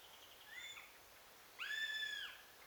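Eurasian goshawk giving a drawn-out, whining call that rises, holds level, then falls, preceded by a fainter, shorter note; quiet background.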